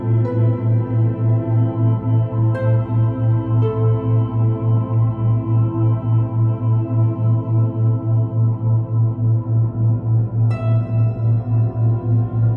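Two low tones sound together at slightly different pitches, producing a steady, even wobble of about three pulses per second that never changes. Above the hum, soft ringing bell-like strikes enter at around 2.5, 3.5 and 10.5 seconds and slowly fade.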